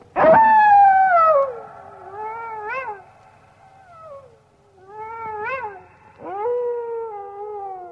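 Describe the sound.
Wolf howls, a loud opening wail gliding down, then quieter wavering notes and another sliding howl.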